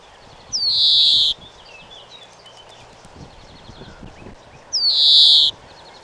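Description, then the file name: European greenfinch calls: two long, harsh, buzzing wheezes about four seconds apart, with faint chirps and twittering in the gap. "Chloris chloris"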